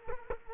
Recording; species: mosquito wingbeat signal from an infrared sensor; Culex quinquefasciatus